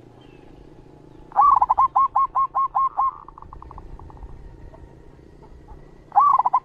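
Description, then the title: Zebra dove song: a fast series of rolling hooked notes fading into softer repeated clicks, then a new phrase starting, over a steady background hum. Perkutut master song, meant to get other perkutut singing (manggung). "Perkutut Mana Yang Nggak Ikut Manggung Dengar Suara Perkutut Masteran Ini"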